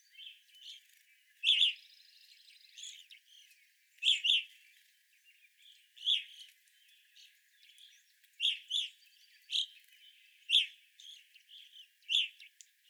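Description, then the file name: Evening grosbeak calls, loud chirps repeated irregularly among quieter notes, with a brief buzzy trill early on. Evening grosbeaks, 25 April 2021. "2021-04-25 Evening Grosbeaks"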